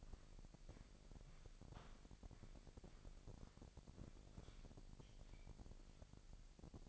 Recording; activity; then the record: daily activity, microphone in the room; walk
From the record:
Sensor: 5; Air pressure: 1001.8 hPa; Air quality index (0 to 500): 189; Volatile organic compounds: 14 ppm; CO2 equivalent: 2436 ppm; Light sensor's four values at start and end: 33/108/41/44 and 33/108/41/44